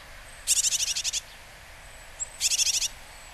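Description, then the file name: Japanese tit giving two rasping, rapidly pulsed buzzy calls, the first longer, separated by about a second of quiet with a soft high chip between. Recorded in Kaji, Hyogo, Japan, on August 3. "sijuukara 6 0803 hyogo kaji"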